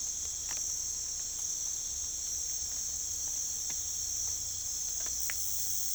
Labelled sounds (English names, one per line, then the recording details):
none
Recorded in pastures near Puerto Asís, Putumayo, Colombia, on 21 December 2024 at 03:30
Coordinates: 0.487, -76.322
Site GP09